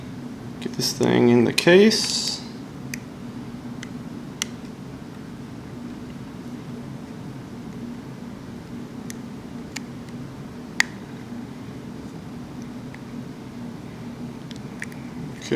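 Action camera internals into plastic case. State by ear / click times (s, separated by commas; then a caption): not seated / none. Someone talks briefly while handling the reassembled internal body of a GoPro Hero 4 Silver action camera, fitting it back into its plastic case/frame, with a low steady hum underneath. A few sharp, faint ticks of handling come through, the loudest near 10.8 s. Nothing has seated or snapped into place yet.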